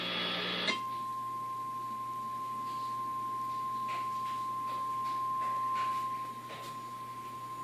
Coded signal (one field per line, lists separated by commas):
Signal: Emergency Alert System (SAME) tones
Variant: 1050 Hz attention tone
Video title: EAS on YouTube (NOT MY VIDEO)